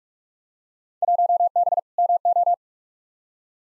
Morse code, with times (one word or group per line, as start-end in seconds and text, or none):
1.0-1.8 1B
2.0-2.5 MO